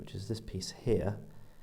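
A metal extractor stay is handled near its seat in the bolt of a lightweight .303 British BREN Mk.3 light machine gun during a strip-down, while someone talks. Nothing has seated or clicked yet; the clip ends just before the stay clicks back in to give the extractor its spring force.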